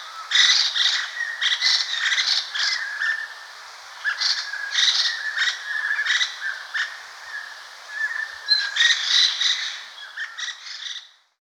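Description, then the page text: Lesser Necklaced Laughingthrush group giving harsh, rattling scold notes in irregular bursts, several birds overlapping. "Lesser Necklaced Laughingthrush Group Scolding Calls. Quick Sounds"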